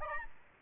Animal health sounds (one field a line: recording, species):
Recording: mosquito wingbeat signal from an infrared sensor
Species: Aedes albopictus